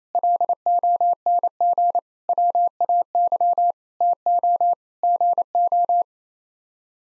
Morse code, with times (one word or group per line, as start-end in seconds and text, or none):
0.1-2.0 LONG
2.3-3.7 WAY
4.0-4.7 TO
5.0-6.0 GO